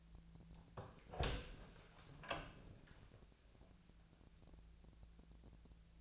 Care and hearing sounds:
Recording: daily activity, microphone in the room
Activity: open door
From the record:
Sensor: 2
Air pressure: 1000.3 hPa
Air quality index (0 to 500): 171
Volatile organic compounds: 3 ppm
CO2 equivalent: 1423 ppm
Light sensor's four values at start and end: 10/23/10/10 and 10/24/10/11

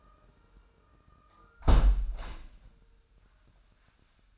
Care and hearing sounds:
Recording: daily activity, microphone in the room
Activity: close window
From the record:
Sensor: 2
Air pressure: 998.3 hPa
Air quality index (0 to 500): 132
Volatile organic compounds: 3 ppm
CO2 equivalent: 1491 ppm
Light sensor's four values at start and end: 6/15/6/7 and 6/15/6/7

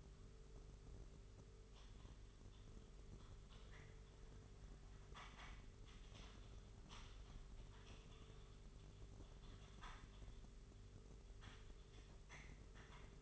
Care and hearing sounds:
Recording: daily activity, microphone in the room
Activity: typing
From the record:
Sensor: 4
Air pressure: 991.8 hPa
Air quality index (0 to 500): 120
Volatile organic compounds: 27 ppm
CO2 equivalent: 2880 ppm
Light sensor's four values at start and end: 20/65/24/24 and 20/65/24/24

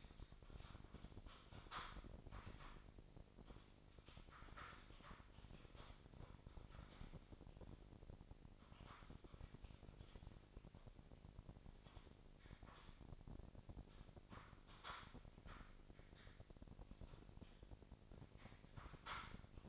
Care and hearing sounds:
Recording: daily activity, microphone in the room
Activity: typing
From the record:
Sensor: 5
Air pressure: 1007.7 hPa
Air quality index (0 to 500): 95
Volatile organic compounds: 1 ppm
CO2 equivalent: 748 ppm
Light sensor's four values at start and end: 40/95/39/41 and 39/92/38/39

